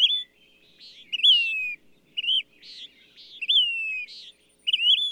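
Bird song with buzzy chattering notes and clear whistles curving up then falling, repeated several times.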